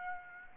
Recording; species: mosquito wingbeat signal from an infrared sensor; Aedes aegypti